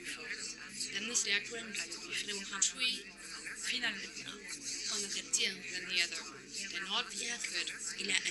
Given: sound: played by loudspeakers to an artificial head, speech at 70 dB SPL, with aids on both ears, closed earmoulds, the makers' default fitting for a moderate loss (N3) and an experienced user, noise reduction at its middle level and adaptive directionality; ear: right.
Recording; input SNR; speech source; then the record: speech test signal (ISTS) in cocktail-party noise; -3 dB; in front (0 degrees)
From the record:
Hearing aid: class 1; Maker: H